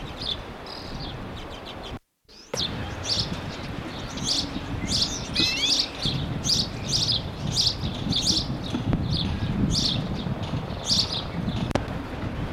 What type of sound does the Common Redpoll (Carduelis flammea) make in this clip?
call